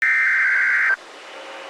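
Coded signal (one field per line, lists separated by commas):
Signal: Emergency Alert System (SAME) tones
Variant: header bursts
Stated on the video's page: Real tornado warning carrying valid EAS tones.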